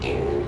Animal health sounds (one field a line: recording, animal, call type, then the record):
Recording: contact call of a hoofed animal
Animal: pig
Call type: closed-mouth grunt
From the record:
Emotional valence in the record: negative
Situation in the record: short social isolation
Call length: 0.48 s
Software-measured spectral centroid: 1580 Hz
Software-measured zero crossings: 1190 a second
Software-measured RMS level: -24 dBFS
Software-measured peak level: -13 dBFS